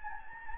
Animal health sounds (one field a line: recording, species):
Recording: mosquito wingbeat signal from an infrared sensor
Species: Anopheles gambiae